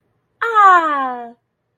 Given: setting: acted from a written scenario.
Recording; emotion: vocal sound without words; elation